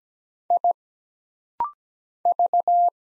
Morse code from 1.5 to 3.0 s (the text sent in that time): V